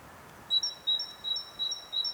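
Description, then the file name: Great tit song, five fast two-note whistles in a row, clear and evenly paced over a slightly rumbling background. "Parus major"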